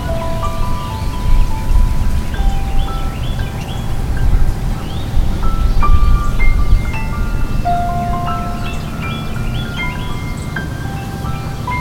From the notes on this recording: Sounds from my backyard with some piano improvisation